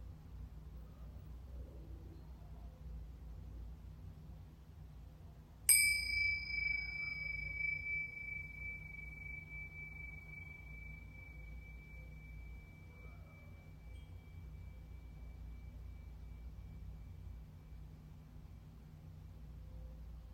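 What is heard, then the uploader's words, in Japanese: A singing bowl is struck once at about five and a half seconds, giving a clear bright tone with a crisp attack that rings on steadily, fading slowly over the rest of the clip. Beneath it sits a constant low hum. シンギングボウルヒーリング。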